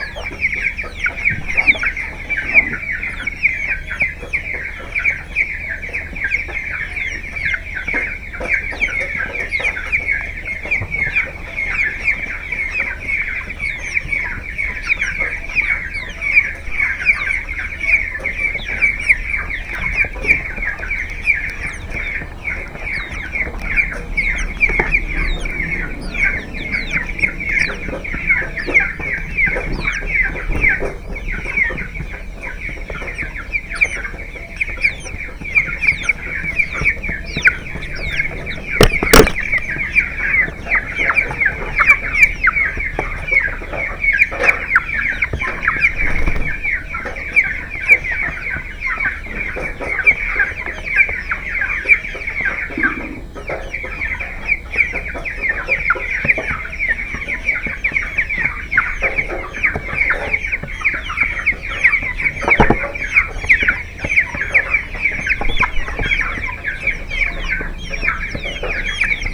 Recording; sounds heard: poultry house recording; background noise or bird activity such as feeding and pecking